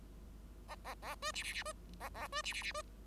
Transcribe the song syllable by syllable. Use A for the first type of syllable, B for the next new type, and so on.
A A A B C C C B A A B C C C B